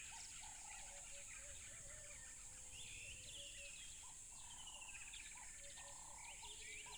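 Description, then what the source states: Continuous shrill cricket trilling runs unbroken behind scattered bird chirps and whistles, with lower droning calls repeating in short bursts. Tropical river habitat.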